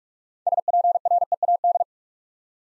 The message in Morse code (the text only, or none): SPREAD